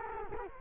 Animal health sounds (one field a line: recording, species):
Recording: mosquito wingbeat signal from an infrared sensor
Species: Culex quinquefasciatus